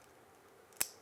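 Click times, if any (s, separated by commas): 0.8 s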